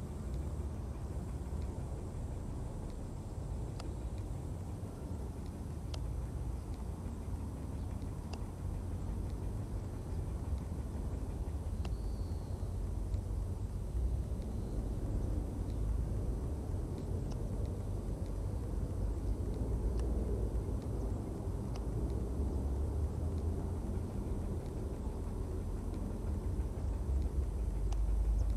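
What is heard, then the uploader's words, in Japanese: A steady low rumble of passing cars and traffic fills the scene, with faint high insect chirping and occasional soft ticks above it. 人参除草 お昼前。ゆっくり育つ人参を、追い越そうとしてくる草を、ハサミで根元を切っていきます。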